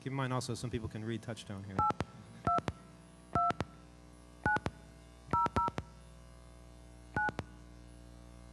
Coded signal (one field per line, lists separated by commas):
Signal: DTMF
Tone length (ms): 130 ms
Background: speech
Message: 82 2 9 00 9